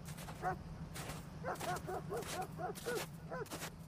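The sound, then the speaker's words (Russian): A yard dog gives a run of short, high whining yips and soft barks, about ten in an uneven rhythm, over a steady low hum and background noise. “Дворовая собака принюхивалась, приглядывала, но не лаяла.”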